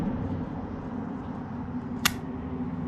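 The threaded drive screw of a Maxpeedingrods manual pipe expander is turned to spread its steel jaws inside a pipe, over a steady low hum. A single sharp metallic snap rings out at 2.1 s as the screw threads slip under load, leaving them stripped.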